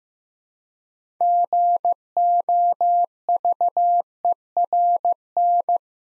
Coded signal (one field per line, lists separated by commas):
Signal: Morse code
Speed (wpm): 15 wpm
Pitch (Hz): 700 Hz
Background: none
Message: GOVERN